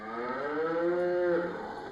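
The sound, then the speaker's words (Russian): A cow lying on the floor of a cowshed lets out one long, low moo lasting about two seconds, steady and droning with a rich, buzzing tone that bends slightly upward near the end, with no voices. “Захар и еще один мужчина склоняются над лежащей на полу коровой.”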